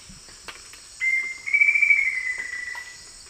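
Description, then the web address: Black-faced antthrush song: one clear whistled note, a short pause, then a quick run of similar whistles that slowly drops in pitch, over a steady high insect buzz. Song, recorded in the eastern lowlands of South America. "Natures Songs S America Eastern Lowlands. Formicarius analis, song"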